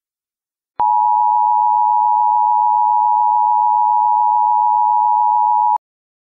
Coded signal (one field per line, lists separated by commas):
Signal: Emergency Alert System (SAME) tones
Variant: 853 and 960 Hz attention tone